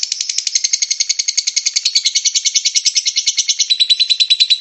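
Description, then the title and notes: Lovebird ngekek song, a loud, fast series of sharp, rattling chirps delivered at an even pace. Lovebird ngekek song style, described as among the longest; used as a bait song (kicau pancingan) to prompt other lovebirds to sing. "suara Master Kicau Lovebird ngekek, kicau pancingan"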